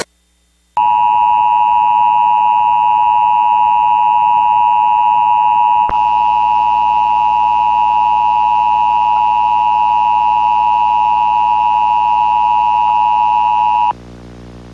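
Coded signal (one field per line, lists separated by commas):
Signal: Emergency Alert System (SAME) tones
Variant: 853 and 960 Hz attention tone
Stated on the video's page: Recreated mock Flash Flood Warning relayed via EMNet on a fictional cable system, using an MHz Star-8 / VDS 840 alert screen.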